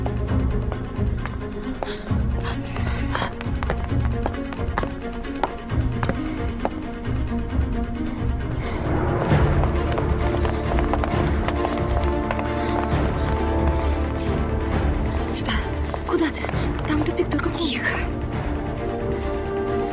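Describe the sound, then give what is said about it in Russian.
Several people run into a room with rapid, heavy footsteps thudding in an uneven, hurried rhythm, mixed with muffled voices and clattering over a dense, loud background. “Забегают в комнату.”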